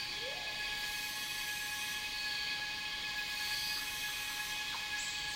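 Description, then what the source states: Unbroken buzzy cicada drone at several high pitches, with only a few faint, brief bird notes. Cicadas in a rainforest, heard together with birds.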